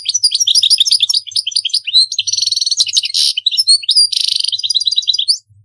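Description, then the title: European goldfinch singing a rapid, liquid stream of tinkling twitters, interspersed with harsh buzzy bursts, carrying on without pause. "Chant Chardonneret"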